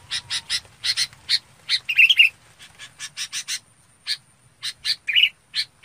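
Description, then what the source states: Red-whiskered bulbul calls: fast series of sharp paired chirps, broken by a warbled, whistled phrase and another short whistle near the end. Bird calling the flock.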